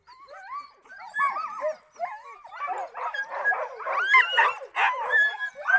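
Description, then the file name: Sled dogs barking and whining in an excited chorus, with rising and falling yelps and howl-like whines overlapping, growing denser and louder toward the end. Sled dogs before the start, Värmland, 1 January 2013, about 12:39. "20130101 123938 Vaermland Sledge Dogs Before Start"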